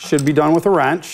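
Someone talks while a metal regulator nut is being fitted onto a CO2 tank valve, threaded on by hand with the last quarter turn given with a wrench. The nut is only handled here and has not gone home; nothing has seated or clicked yet.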